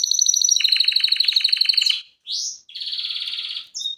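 Canary trilling in a fast, ringing run of evenly spaced high notes, then a few brief buzzy phrases separated by short silences.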